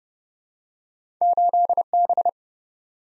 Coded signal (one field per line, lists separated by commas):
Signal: Morse code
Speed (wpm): 30 wpm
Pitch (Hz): 700 Hz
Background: none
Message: 8B